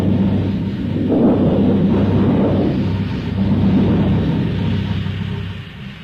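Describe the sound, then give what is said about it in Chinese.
A deep, rolling thunder rumble swells and surges for several seconds, heavy low-end booming that fades slightly toward the end, with no voices present. It is a storm sound effect in Act Three of a stage play, with wind, thunder and lightning followed by a heavy rainstorm. “第三幕，风雷闪电刚过，接着下了一场暴雨。”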